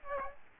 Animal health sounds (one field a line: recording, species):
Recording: mosquito wingbeat signal from an infrared sensor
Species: Aedes aegypti